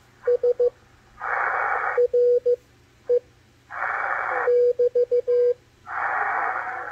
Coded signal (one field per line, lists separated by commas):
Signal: Morse code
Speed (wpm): 14 wpm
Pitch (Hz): 490 Hz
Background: radio noise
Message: S R E <BT>